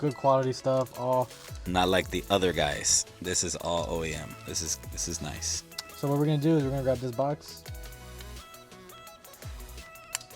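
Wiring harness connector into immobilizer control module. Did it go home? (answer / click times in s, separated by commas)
yes / 10.2 s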